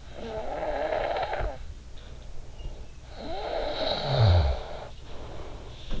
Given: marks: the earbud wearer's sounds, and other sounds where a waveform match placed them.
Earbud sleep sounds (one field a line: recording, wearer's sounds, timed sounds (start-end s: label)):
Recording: sounds in sleep by an in-ear microphone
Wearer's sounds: snoring breath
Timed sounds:
0.12-2.69 s: snoring breath
3.15-6.00 s: snoring breath